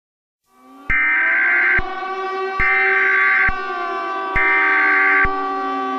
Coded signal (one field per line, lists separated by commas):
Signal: Emergency Alert System (SAME) tones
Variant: header bursts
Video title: Eas scenario the catastrophe